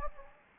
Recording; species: mosquito wingbeat signal from an infrared sensor; Anopheles gambiae